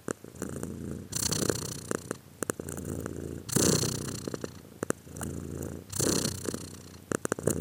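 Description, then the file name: Purring cat, a strong low rumble swelling roughly every two to three seconds with airy breath noise and occasional clicks. "arseniiv cat-again"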